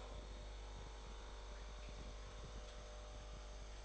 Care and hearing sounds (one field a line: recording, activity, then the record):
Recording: daily activity, microphone in the room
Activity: make coffee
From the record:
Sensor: 5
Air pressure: 1007.4 hPa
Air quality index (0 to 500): 127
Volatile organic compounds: 1 ppm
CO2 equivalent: 964 ppm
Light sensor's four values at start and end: 29/67/28/29 and 29/67/27/29